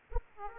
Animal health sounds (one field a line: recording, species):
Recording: mosquito wingbeat signal from an infrared sensor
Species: Aedes aegypti